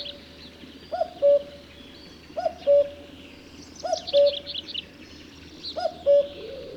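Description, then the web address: Common cuckoo repeating its two-note cu-coo four times at an even pace, with a brief high trill from another bird midway. "Spev Vtakov kukucka"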